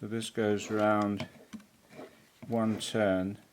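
Someone talks while handling the repaired loading cam gear of an AKAI GX-77 reel-to-reel tape deck, turning it around toward one full revolution so the loading cam mechanism can snap back into its rest position and open the micro switch. A couple of faint ticks are heard around 1.5 s and 3.5 s between the speech. The clip ends before the mechanism snaps back, so nothing has seated or clicked yet.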